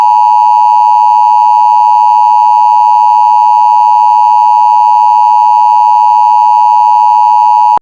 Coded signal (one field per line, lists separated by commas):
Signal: Emergency Alert System (SAME) tones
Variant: 853 and 960 Hz attention tone